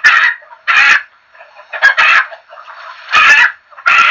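Chickens calling, loud harsh squawks in bursts about every second, with quieter clucking between them.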